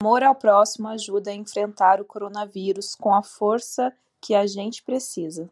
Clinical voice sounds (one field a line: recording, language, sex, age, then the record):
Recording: spoken sentence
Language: Brazilian Portuguese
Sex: female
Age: 30 to 39 years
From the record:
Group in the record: control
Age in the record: 33 years